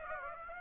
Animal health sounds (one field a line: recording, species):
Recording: mosquito wingbeat signal from an infrared sensor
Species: Aedes aegypti